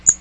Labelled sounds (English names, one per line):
Magnolia Warbler flight call